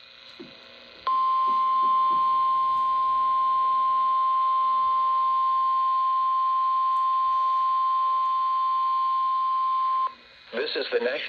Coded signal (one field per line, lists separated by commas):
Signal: Emergency Alert System (SAME) tones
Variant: 1050 Hz attention tone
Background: speech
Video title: (EAS #1414) Required Weekly Test WXL70 7/29/26